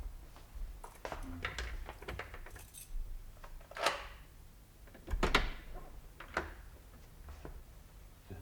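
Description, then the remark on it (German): The key to hotel room number 1 jingles and clinks in a scattered, irregular run of bright metallic taps over about eight seconds, with a few louder rattles standing out and no voices. “Ja, Moment. Schlüssel.”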